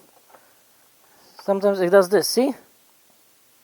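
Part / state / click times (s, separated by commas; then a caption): hinged cover flap into its latch on the car body / not seated / none. A hinged plastic cover flap on an MG ZS EV is closed into its latch on the car body but fails to lock, so it would flap around while driving. Faint, soft handling sounds come before someone talks from about 1.5 to 2.6 seconds. Nothing has clicked or latched, and the cover stays unlocked.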